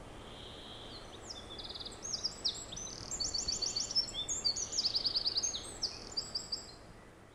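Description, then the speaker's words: Eurasian wren song, a long stream of high, fast trills and sharp rattling notes over steady soft background noise. Played back to set the mood; sings loudly in spring atop a tree root mass, possibly from late March; song carries several hundred metres in this kind of forest. "Mä soittelen tästä vähän peukaloisen ääntä, niin päästään tunnelmaan, koska tällaisen juurakon päällä se keväällä laulaa ja laulaa kovaa."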